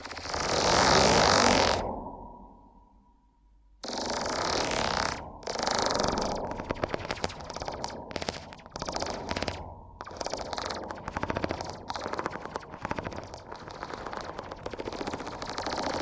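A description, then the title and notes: Crackly ear triggers, opening with a loud rough rush that fades into near silence around two to four seconds. Then dense, rapid crinkling and scratching returns, with brief dropouts near five and ten seconds, staying bright and busy to the end. ASMR Brain Melting Ear Extension Triggers for Sleep (No Talking).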